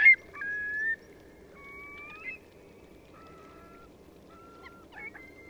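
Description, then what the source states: Eurasian curlew flight calls: a series of clear whistled notes, some rising or level, repeated several times over a low background rumble. A flock taking off.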